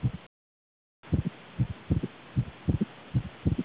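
Low, dull heart thumps from an adult heart heard through a stethoscope, coming in paired beats at roughly 77 a minute with somewhat uneven spacing and a brief silence near the start. These are extrasystoles, premature beats that interrupt the regular rhythm.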